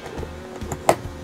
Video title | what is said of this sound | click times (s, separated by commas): B+ Motorhome by R-Vision 2007 - Full Tour! | They snap into place right there. | 0.9 s